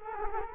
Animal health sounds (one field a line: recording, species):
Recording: mosquito wingbeat signal from an infrared sensor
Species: Culex quinquefasciatus